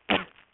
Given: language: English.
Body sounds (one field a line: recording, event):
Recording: throat vibration sensor signal played as sound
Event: cough